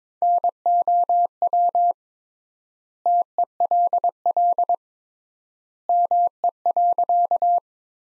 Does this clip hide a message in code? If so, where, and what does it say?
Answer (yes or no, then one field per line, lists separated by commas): yes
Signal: Morse code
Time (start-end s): 0.2-7.6 s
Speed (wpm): 21 wpm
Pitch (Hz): 700 Hz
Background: none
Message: NOW TELL ME.